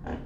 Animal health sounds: pig call; growing-finishing pig (85 days or more)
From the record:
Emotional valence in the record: negative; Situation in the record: barren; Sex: female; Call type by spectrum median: low-frequency call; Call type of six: low-frequency stable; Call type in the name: low-frequency stable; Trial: 1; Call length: 0.26 s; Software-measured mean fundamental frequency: 41 Hz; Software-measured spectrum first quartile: 139 Hz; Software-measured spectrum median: 307 Hz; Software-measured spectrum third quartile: 712 Hz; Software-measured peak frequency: 71 Hz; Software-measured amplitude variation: 160 dB a second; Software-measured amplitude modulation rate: 24.7 a second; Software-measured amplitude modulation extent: 6.5 dB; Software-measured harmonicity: -1.6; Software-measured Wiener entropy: -0.56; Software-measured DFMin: 892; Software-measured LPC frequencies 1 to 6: 731, 1643, 2369, 2923, 4601, 6187 Hz

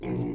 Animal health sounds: pig call; weaner (32 to 43 days)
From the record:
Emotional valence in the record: negative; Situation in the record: short isolation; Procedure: open field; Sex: female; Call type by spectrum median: low-frequency call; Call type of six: low-frequency stable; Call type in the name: low-frequency stable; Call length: 0.35 s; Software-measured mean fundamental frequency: 60 Hz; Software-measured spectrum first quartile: 161 Hz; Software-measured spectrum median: 284 Hz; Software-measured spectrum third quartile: 459 Hz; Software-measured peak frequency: 323 Hz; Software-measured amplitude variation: 83 dB a second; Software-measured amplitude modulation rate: 22.5 a second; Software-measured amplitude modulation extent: 3.7 dB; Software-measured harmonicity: 0.1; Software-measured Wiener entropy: -0.44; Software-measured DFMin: 991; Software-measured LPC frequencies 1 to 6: 326, 2199, 3298, 4210, 5231, 6390 Hz

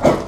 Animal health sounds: pig call; growing-finishing pig (85 days or more)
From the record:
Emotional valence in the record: positive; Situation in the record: run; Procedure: transit

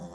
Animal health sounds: pig call; piglet (1 to 25 days)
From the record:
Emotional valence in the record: negative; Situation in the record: long isolation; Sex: male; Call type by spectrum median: low-frequency call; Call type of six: low-frequency stable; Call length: 0.15 s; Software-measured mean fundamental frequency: 56 Hz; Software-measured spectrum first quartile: 187 Hz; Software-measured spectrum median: 449 Hz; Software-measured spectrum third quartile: 1053 Hz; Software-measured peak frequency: 180 Hz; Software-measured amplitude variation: 80 dB a second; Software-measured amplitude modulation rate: 10.0 a second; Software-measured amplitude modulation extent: 8.0 dB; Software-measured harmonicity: 1.1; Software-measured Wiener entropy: -0.54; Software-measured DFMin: 743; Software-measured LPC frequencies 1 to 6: 433, 3543, 5677, 6459, 7425, 8226 Hz

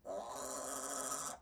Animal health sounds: pig call; piglet (1 to 25 days)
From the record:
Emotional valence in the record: negative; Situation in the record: restrain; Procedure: back test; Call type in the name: high-frequency call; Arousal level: low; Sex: male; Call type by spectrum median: high-frequency call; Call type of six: high-frequency modulated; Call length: 1.42 s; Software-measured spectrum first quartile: 822 Hz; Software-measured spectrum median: 3556 Hz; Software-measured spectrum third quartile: 7739 Hz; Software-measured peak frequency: 588 Hz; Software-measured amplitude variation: 120 dB a second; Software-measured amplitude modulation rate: 25.6 a second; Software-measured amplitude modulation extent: 4.7 dB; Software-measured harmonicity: 2.6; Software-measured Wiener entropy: -2.54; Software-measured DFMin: 1105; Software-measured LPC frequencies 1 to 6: 656, 1258, 3273, 4026, 5832, 7070 Hz

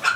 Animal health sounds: pig call; piglet (1 to 25 days)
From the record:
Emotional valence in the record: positive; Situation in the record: before nursing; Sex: female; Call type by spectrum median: low-frequency call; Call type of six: high-frequency stable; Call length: 0.16 s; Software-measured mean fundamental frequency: 190 Hz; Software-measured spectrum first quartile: 1376 Hz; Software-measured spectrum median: 1721 Hz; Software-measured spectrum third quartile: 3371 Hz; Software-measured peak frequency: 1394 Hz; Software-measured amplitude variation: 205 dB a second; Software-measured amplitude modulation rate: 9.4 a second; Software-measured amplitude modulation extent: 21.9 dB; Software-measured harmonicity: 5.5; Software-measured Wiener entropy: -1.86

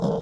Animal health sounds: pig call; piglet (1 to 25 days)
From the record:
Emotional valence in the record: negative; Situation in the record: long isolation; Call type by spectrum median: low-frequency call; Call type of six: low-frequency tonal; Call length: 0.22 s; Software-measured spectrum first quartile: 182 Hz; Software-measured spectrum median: 360 Hz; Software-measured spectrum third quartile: 555 Hz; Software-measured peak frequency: 183 Hz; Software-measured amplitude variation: 96 dB a second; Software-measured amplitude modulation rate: 16.1 a second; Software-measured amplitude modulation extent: 5.9 dB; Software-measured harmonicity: 3.0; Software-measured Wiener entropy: -0.62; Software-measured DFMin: 1089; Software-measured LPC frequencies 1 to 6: 475, 3202, 3625, 5192, 5921, 7432 Hz

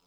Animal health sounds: pig call; piglet (1 to 25 days)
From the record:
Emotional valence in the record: positive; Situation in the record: short reunion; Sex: female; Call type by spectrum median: high-frequency call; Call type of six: low-frequency tonal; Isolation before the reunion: 3 minutes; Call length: 0.07 s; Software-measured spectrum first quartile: 578 Hz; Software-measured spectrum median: 2575 Hz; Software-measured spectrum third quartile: 6463 Hz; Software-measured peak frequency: 449 Hz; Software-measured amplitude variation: 6 dB a second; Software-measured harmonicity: 0.8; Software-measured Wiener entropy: -1.24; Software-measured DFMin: 753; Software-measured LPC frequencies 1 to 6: 627, 1118, 2641, 3349, 3998, 5108 Hz

